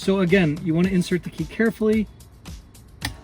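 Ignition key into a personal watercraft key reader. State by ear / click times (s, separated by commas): seated / 3.1 s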